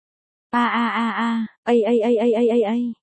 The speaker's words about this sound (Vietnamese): Leon la hét trong đau đớn tột cùng khi bị cắt từng bộ phận nhỏ trên cơ thể.